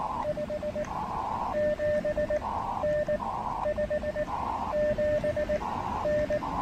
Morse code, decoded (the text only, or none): 57N 57N